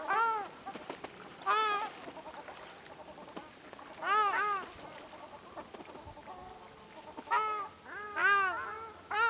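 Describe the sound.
Ruddy shelduck honking calls, nasal arched honks in short bursts at irregular intervals.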